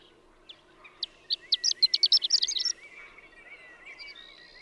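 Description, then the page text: Horned lark song: spaced stuttered notes quickening into a rapid high jingling flourish, with a thin wavering whistle running beneath it and carrying on afterwards. Daytime intermittent singing, a few stuttered notes rising to a rapid, slurred flourish; Marble Hot Springs Road, Sierra Valley, California, 7 June 2001. "Birdsong for the Curious Naturalist. Horned lark"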